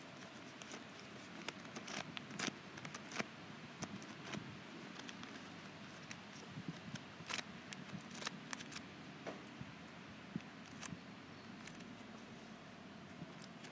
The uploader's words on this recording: ASMR Index Cards.